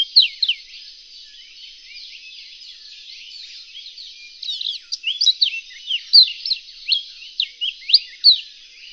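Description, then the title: Reunion olive white-eye song: a few high chirps at the start, a quiet gap, then a lively run of sharp, high, slurred twittering notes over the last half. "kicau pleci reunion olive white eye"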